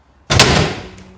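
A lever latch on a leg-lifting mechanism is released without the latch engaged, and the lever slams back violently with a loud, fierce bang. Two sharp impacts land at about 0.3 s and 0.4 s, followed by a ringing decay that fades over the next second. The latch has not clicked on.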